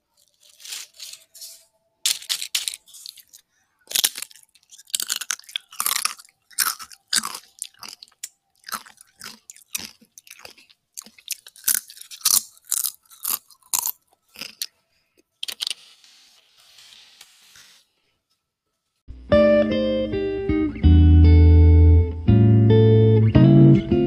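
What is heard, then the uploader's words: Crisp chewing and crunching fills the first eighteen seconds, with quick bites arriving every half second or so between short silences. After a brief pause, loud sustained electronic music with low bass tones and bright notes abruptly takes over for the final five seconds. CHEWING SOUNDS.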